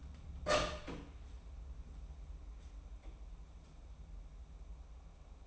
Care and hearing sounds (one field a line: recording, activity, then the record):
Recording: daily activity, microphone in the room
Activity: open door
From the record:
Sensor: 1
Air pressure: 994.3 hPa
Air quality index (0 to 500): 212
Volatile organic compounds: 1000 ppm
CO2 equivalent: 7634 ppm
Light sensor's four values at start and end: 110/252/113/126 and 106/240/108/120